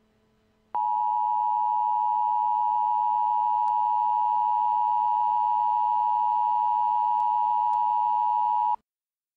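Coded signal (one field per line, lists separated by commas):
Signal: Emergency Alert System (SAME) tones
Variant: 853 and 960 Hz attention tone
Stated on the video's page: A fictional EAS scenario; the tones may be loud.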